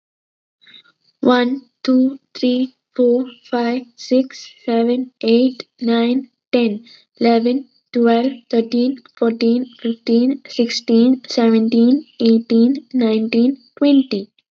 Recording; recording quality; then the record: counting at a normal pace; excellent, no background noise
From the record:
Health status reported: healthy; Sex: female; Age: 20 years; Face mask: not worn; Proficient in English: yes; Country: India